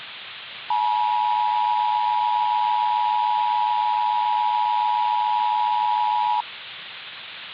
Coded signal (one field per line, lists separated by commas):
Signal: Emergency Alert System (SAME) tones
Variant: 853 and 960 Hz attention tone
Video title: "From the Ocean" - EAS Scenario